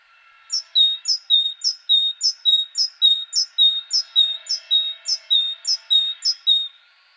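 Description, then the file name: Great tit song, a steady two-note phrase, high sharp note dropping to a lower clear whistle, repeated about thirteen times at roughly two per second. "Parus major"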